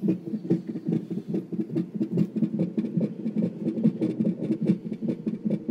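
Rapid, steady whooshing pulses at about 143 beats a minute, with a muffled, galloping quality, very fast like a rabbit's. A fetal heartbeat picked up by ultrasound Doppler in a hospital triage room at about 20 weeks of pregnancy, after heavy bleeding and cramping; the fast rate is typical for a fetus.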